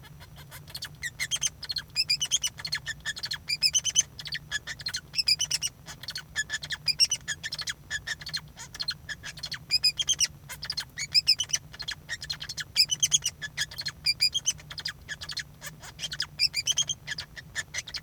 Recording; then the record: song of a male Bengalese finch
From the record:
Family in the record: son of father 2